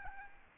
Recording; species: mosquito wingbeat signal from an infrared sensor; Aedes albopictus